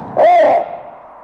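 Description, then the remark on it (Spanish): A raven gives a single loud croak, lasting about half a second, with a slight rise and fall in pitch. It stands alone, followed by quiet. “El cuervo dijo:”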